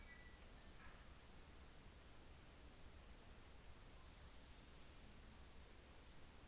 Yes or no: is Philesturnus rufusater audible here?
no